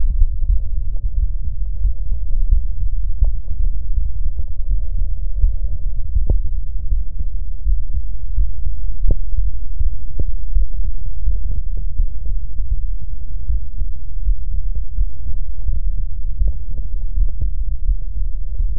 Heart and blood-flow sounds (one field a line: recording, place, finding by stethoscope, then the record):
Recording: heart sounds by stethoscope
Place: pulmonary valve (PV)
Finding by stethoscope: normal heart sounds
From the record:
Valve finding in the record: normal valve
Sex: male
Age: 52 years